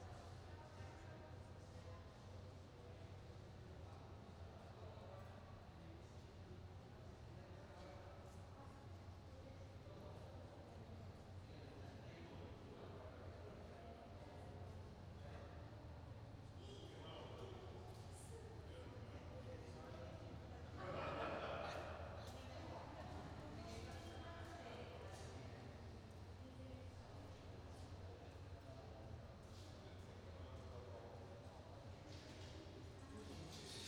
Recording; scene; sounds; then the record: everyday scene through a hearing-aid microphone; reverberant space; background noise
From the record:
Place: railway station hall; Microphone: in the ear canal, right